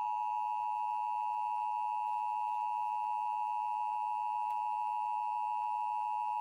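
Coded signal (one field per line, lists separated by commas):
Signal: Emergency Alert System (SAME) tones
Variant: 853 and 960 Hz attention tone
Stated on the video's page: Iowa Required Monthly Tests relayed to Iowa radio and TV stations after originating from an AM station; one relay failed.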